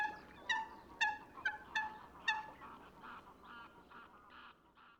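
Eurasian coot calling with a quick run of nasal, honking notes, then fainter, softer calls trailing off toward the end.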